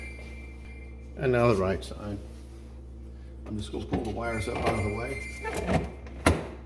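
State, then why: Seated. While replacing the fresh-food compartment fan in a GE Cafe style CYE23TSDCSS refrigerator that won't cool, the plastic side panel or fan housing is slid into place inside the refrigerator. Someone talks over a steady low hum. The clip snaps in with a sharp click at 6.3 seconds, and the panel is seated.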